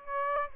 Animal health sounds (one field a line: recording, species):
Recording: mosquito wingbeat signal from an infrared sensor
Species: Aedes aegypti